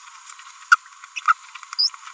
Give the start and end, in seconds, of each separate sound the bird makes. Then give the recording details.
0.72-0.76, 1.16-1.20, 1.26-1.33, 1.79-1.89. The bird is a female. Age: 30 days. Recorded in a nest box in Venezuela. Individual 17B42B3